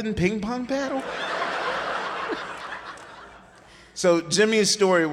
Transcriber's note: laughter